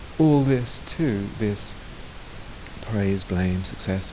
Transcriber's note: none